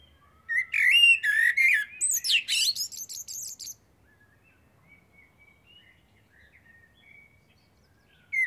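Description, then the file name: Eurasian blackbird song: a loud phrase of fluted whistles followed by a high squeaky twitter, then faint whistled notes. "Turdus merula"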